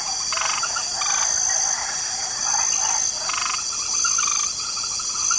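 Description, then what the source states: Frogs in a light chorus, short rattling croak bursts at irregular intervals over a steady high insect hiss. Swamp ambience with a light chorus of frogs.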